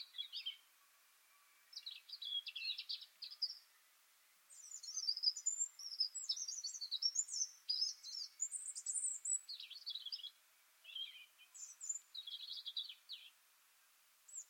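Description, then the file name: European robin delivering a string of short, high, scratchy and sweet phrases with brief pauses between them, fairly soft against a faint steady hiss. "Erithacus rubecula"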